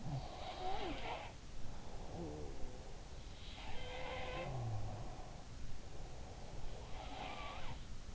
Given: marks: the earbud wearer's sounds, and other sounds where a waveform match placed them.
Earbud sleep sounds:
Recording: sounds in sleep by an in-ear microphone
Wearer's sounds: snoring breath, breath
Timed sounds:
0.00-3.18 s: snoring breath
3.31-8.15 s: sound from someone else or the room
4.45-7.05 s: breath

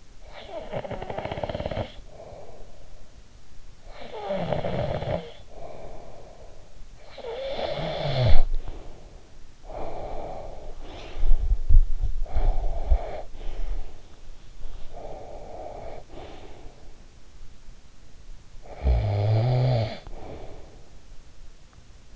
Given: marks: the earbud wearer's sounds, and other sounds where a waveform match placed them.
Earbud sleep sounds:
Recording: sounds in sleep by an in-ear microphone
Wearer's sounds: snoring breath, breath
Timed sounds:
0.00-3.08 s: snoring breath
3.60-9.45 s: snoring breath
9.45-14.10 s: breath
14.62-17.12 s: breath
18.32-20.96 s: snoring breath

